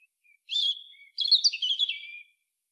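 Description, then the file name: European robin song phrases: a thin high whistle, then a tumbling run of sweet, wavering warbled notes, ending lower. "Erithacus rubecula"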